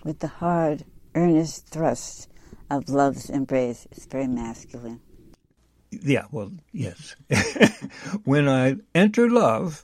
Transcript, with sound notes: with the hard earnest thrust of love's embrace. It's very masculine.
Yeah. Well, yes. (laughs) When I enter love-